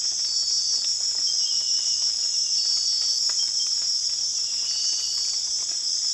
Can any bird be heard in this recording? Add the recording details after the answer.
no. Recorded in secondary vegetation near Puerto Asís, Putumayo, Colombia, on 25 June 2025 at 03:30. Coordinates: 0.485, -76.322. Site GP06